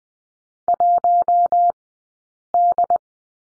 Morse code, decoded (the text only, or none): 1D